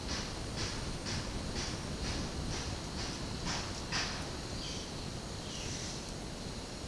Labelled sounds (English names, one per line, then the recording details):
Violaceous Jay
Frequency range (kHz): Violaceous Jay 2.0-7.1 kHz
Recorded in dense forest near Puerto Asís, Putumayo, Colombia, on 18 February 2024 at 11:00
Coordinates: 0.503, -76.322
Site G6418